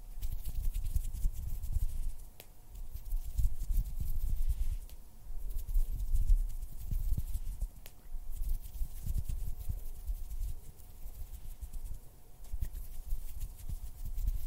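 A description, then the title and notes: Hand sounds and finger fluttering make a soft, continuous low rustle and thumping, rising and falling in bursts throughout. Faint clicks and taps appear now and then, around two, five and eight seconds. A thin steady hum sits underneath the whole time. Hand sounds, finger fluttering, mouth sounds.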